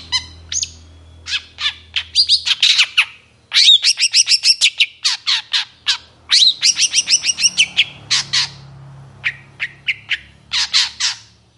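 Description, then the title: Long-tailed Shrike song: a varied medley of scratchy chatters, short whistles and high clipped notes in fast runs, with a faint low hum at times. Cendet singing actively in the morning, with varied clear calls described as "toet toet". "Cendet Gacor Dor Di Kala Pagi Toet Toet Variasi Suara Jernih"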